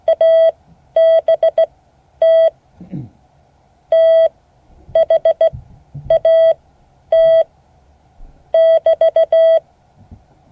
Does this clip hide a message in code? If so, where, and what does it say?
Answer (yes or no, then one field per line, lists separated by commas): yes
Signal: Morse code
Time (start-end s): 0.1-9.6 s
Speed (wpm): 16 wpm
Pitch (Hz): 650 Hz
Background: none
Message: ABT THAT <BT>